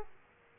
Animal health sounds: mosquito wingbeat signal from an infrared sensor; Aedes aegypti

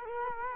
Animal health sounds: mosquito wingbeat signal from an infrared sensor; Culex quinquefasciatus

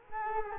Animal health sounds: mosquito wingbeat signal from an infrared sensor; Culex quinquefasciatus

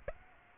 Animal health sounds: mosquito wingbeat signal from an infrared sensor; Aedes aegypti

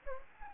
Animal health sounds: mosquito wingbeat signal from an infrared sensor; Anopheles gambiae

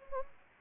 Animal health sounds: mosquito wingbeat signal from an infrared sensor; Anopheles gambiae

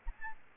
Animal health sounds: mosquito wingbeat signal from an infrared sensor; Aedes albopictus

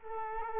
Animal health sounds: mosquito wingbeat signal from an infrared sensor; Culex quinquefasciatus

